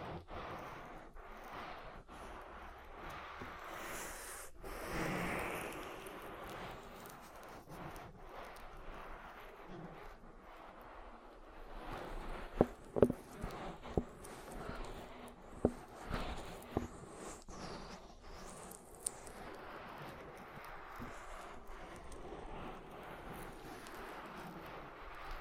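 Oil ear massage with a continuous soft rubbing and swishing that stays dense and fairly even throughout. A smoother swell comes around five seconds, and from about twelve to nineteen seconds sharper taps and wet clicks pop out at irregular moments.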